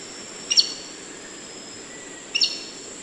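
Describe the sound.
Black-necked aracari making two brief, bright, clipped notes about two seconds apart against a constant high background hiss.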